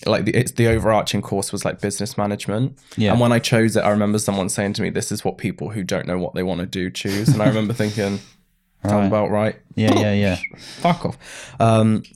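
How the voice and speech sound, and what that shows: An adult man talks fluently, then blurts a sudden, out-of-context 'fuck off' after quick repeated syllables: a vocal tic of Tourette's, diagnosed in his early 20s after brain damage.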